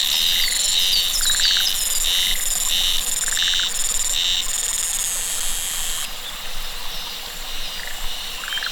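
Cicada gives pulsed high buzzes about twice a second, with a few lower rasping bursts.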